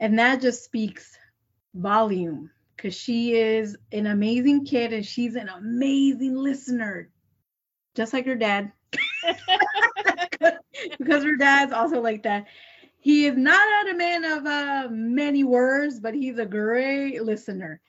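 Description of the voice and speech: An adult woman speaks in a fluent-sounding, mid-pitched voice, with stuttering heard as stretched sounds, a restarted word and long silent pauses where she gets stuck on words. Her stutter was worse when she was a child.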